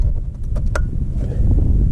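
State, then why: Seated. A small plastic front trim piece beside the battery of a 2018 Chevrolet Malibu is pushed into place in the battery tray area. It snaps in with a sharp click at 0.8 seconds, over a steady low rumble with a few fainter knocks, and the piece is seated.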